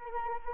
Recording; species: mosquito wingbeat signal from an infrared sensor; Anopheles arabiensis